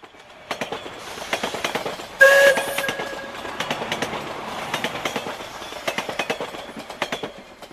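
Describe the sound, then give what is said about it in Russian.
A passenger train from Kyiv arriving in Moscow rolls in, its wheels clattering over the rails in a steady, uneven rhythm, with one short, bright horn blast early on and a constant rumble underneath. “Из плацкартного мягкого вагона номер 9 киевского поезда, пришедшего в Москву, в числе других вышел пассажир с маленьким фибровым чемоданчиком в руке.”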